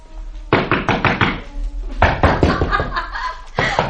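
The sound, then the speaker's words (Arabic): Loud, insistent knocking on the door of a room in a large seaside hotel in a stage play, in three quick bursts, each a rapid run of sharp, hollow raps, with brief pauses between the volleys. “افتحي الباب، افتحي الباب.”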